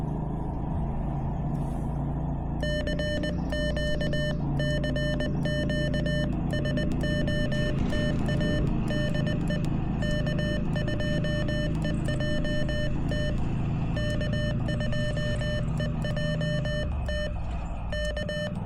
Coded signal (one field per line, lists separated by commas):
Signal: Morse code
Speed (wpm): 21 wpm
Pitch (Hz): 1800 Hz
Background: none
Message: CQ CQ SOTA DE K2EJT K2EJT K